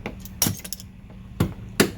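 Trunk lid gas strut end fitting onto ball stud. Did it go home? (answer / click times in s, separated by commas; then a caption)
yes / 1.8 s. A gas strut's end socket is pressed onto the trunk lid ball stud of a BMW Z3 during a trunk lid strut replacement. Short sharp metallic clicks and knocks sound at about 0.4, 0.7 and 1.4 seconds. A final crisp snap at 1.8 seconds marks the socket seating onto the stud.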